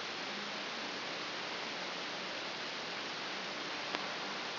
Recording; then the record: brain microelectrode recording played as sound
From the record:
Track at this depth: inside the subthalamic nucleus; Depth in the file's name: 6.907 mm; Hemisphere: left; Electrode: 2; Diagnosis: Parkinson's disease